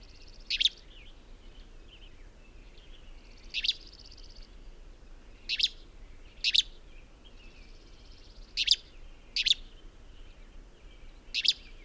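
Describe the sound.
Bird song: brief high chirping bursts spaced about a second or more apart, some paired, with softer chirps between and a steady faint hiss.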